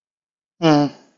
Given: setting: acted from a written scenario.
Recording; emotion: vocal sound without words; sympathy